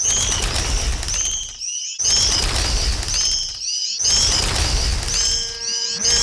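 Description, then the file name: Swift calls, shrill high buzzy screams in rapid bursts, repeated in groups over a rushing wind-like noise, with short silent gaps between bursts. "Martinet"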